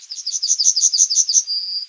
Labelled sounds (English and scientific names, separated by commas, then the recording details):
Yellowhammer (Emberiza citrinella) song
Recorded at under 5 m from the bird
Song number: 171